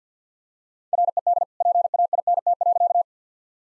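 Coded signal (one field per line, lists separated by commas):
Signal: Morse code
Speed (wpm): 50 wpm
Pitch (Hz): 700 Hz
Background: none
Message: RED PAINT.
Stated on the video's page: Morse practice set at 50 wpm, jokes sent with contextual priming.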